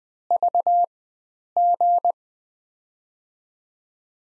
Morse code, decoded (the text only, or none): VG